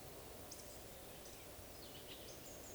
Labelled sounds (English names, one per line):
Eurasian Woodcock whistle